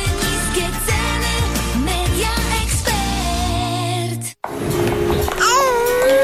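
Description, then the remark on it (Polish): A baby babbles and coos in short, sing-song bursts with rising and falling pitch, pausing briefly before a final stretch of higher, gliding coos. “Jej, jaki śliczny dzidziuś.”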